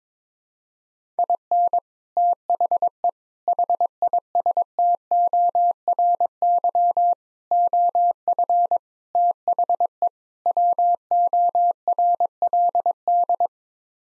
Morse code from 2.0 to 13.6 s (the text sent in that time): THE HISTORY OF THE WORLD